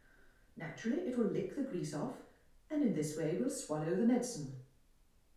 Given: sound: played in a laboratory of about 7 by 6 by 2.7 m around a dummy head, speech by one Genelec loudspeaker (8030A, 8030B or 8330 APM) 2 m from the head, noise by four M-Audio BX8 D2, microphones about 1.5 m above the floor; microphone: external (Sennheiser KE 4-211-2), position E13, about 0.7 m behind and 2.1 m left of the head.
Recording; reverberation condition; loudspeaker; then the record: female speech in English; medium; 120 degrees to the right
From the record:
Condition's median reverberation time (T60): about 510 ms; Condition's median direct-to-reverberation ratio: about -0.5 dB